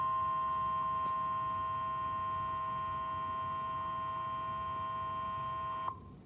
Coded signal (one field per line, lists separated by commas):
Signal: Emergency Alert System (SAME) tones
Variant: 1050 Hz attention tone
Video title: EAS #1,292 Online NOAA Weather Radio CRP Severe Thunderstorm Warning 5/13/24 5:57 PM CDT